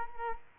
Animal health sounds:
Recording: mosquito wingbeat signal from an infrared sensor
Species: Culex quinquefasciatus

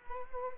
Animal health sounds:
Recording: mosquito wingbeat signal from an infrared sensor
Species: Culex quinquefasciatus

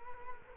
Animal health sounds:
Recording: mosquito wingbeat signal from an infrared sensor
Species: Culex quinquefasciatus

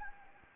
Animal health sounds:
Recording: mosquito wingbeat signal from an infrared sensor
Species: Anopheles gambiae

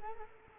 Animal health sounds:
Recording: mosquito wingbeat signal from an infrared sensor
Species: Culex quinquefasciatus

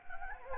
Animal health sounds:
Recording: mosquito wingbeat signal from an infrared sensor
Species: Anopheles gambiae

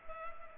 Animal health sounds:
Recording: mosquito wingbeat signal from an infrared sensor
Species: Culex pipiens

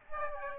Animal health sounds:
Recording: mosquito wingbeat signal from an infrared sensor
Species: Aedes aegypti

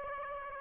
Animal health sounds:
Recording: mosquito wingbeat signal from an infrared sensor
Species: Aedes aegypti

